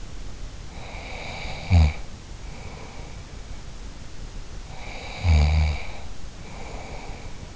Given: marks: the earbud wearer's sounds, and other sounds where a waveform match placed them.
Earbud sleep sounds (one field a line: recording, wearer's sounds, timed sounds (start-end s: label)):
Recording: sounds in sleep by an in-ear microphone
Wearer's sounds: snoring breath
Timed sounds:
0.72-3.77 s: snoring breath
4.60-7.55 s: snoring breath